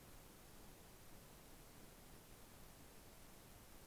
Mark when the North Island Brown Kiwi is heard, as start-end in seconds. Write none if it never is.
none